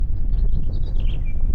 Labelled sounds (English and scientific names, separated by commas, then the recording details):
House Finch (Haemorhous mexicanus) song
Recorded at Point Lookout on Long Island, New York, on 2 June 1975
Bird B